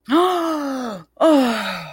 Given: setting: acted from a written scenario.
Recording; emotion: vocal sound without words; fear